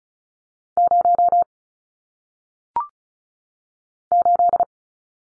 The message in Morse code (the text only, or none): 0 8